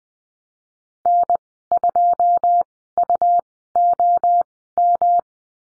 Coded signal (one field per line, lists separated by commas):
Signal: Morse code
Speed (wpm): 19 wpm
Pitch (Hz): 700 Hz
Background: none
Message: N2UOM